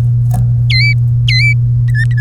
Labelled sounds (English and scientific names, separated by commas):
Domestic Canary (Serinus canaria) song